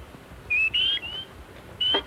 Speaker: The call of the northern spring peeper is a high-pitched peeping sound like this.